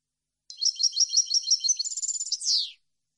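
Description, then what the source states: European goldfinch delivering a single fast, tinkling phrase of high repeated notes that finishes on a descending rasp, against silence. Clean goldfinch song meant for birds to copy, for song training.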